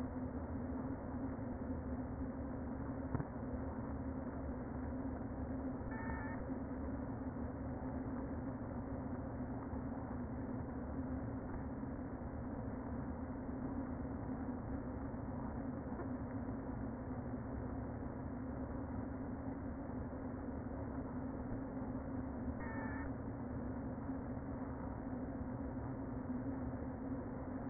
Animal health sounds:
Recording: honeybee colony, microphone inside the hive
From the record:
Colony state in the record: queen present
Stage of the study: before two queens were removed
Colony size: about 60,000 bees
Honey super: yes

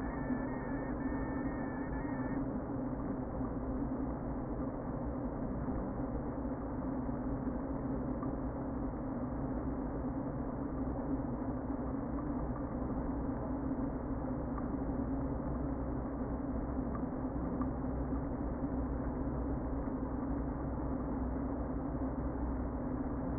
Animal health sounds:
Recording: honeybee colony, microphone inside the hive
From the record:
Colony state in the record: queen present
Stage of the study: before two queens were removed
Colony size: about 60,000 bees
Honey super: yes

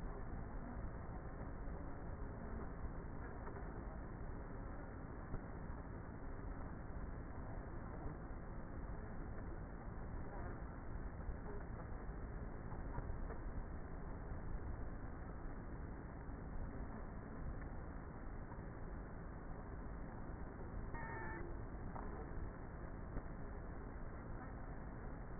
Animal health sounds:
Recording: honeybee colony, microphone inside the hive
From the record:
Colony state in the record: queenless with a low population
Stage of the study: before two queens were removed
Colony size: about 30,000 bees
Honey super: no

